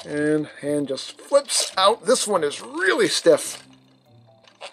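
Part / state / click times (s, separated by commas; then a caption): fold-out hand on a plastic transforming figure's arm / seated / 4.5 s. Someone talks while forcing a stiff fold-out plastic hand out of the arm of a transforming robot figure. The hand locks and snaps into place with a short click at 4.5 s.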